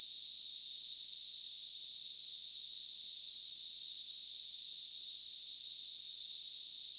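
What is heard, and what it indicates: Simulated tinnitus: a steady, continuous high-pitched hissing tone concentrated around 4 kHz, with nothing in the low frequencies and a constant loudness throughout.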